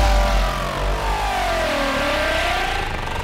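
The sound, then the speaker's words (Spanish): A car engine revs loudly, its pitch dipping and then climbing again as the vehicle accelerates away, with a steady low rumble throughout and no voices. “¡Ay, mi madre! ¡Me robaron un carro!”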